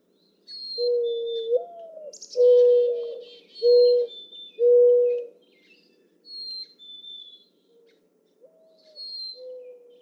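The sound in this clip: Mourning dove song: a rising coo then three firm hoots, later a softer rising coo and another coo, with a brief buzzy chatter and high whistles from other birds.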